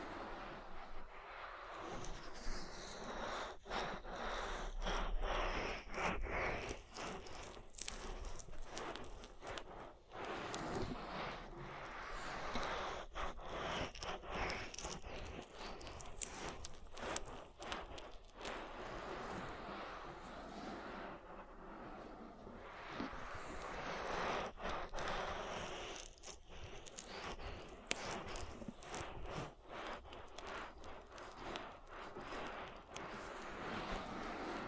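Oil ear massage: continuous slick rubbing and squishing sounds with dense, crackly friction that rarely pauses. Frequent sharp clicks and rustles punctuate the motion, with brief quieter gaps near 10, 21 and 25 seconds before the rubbing resumes at a steady level.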